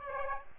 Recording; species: mosquito wingbeat signal from an infrared sensor; Aedes aegypti